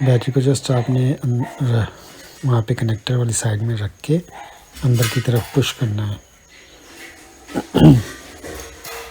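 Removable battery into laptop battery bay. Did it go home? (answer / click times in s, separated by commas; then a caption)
yes / 8.9 s. Someone talks while a removable plastic laptop battery is set against the connector side of the battery bay and pushed in. At 8.9 s a single thud-like click is heard as the left latch locks automatically, and the battery is seated. The right latch still has to be slid shut by hand.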